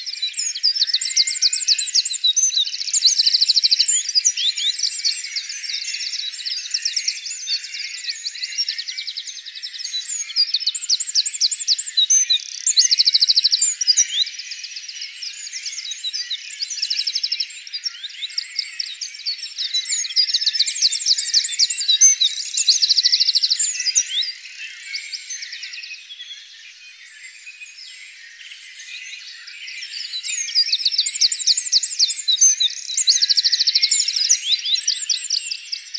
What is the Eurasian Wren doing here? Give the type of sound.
song